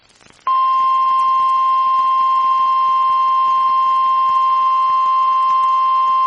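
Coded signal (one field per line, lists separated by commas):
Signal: Emergency Alert System (SAME) tones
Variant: 1050 Hz attention tone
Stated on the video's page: EAS severe thunderstorm warning from an online NOAA Weather Radio stream.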